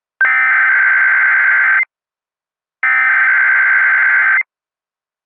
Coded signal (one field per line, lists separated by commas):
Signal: Emergency Alert System (SAME) tones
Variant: header bursts